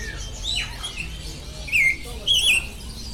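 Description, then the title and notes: Bird gives two clear, looping whistled notes over softer chirping from other birds and a faint low hum. Many birds singing at the Bird Garden, Mongkok, Hong Kong, 15 February 2008; recorded on AKG condenser microphones in XY stereo. "香港 旺角 雀鳥花園 雀鳥唱歌 (內附有人類語言中的粗囗) Bird Singing in the Bird Garden, Mongkok, Hong Kong Date: 15 February 2008"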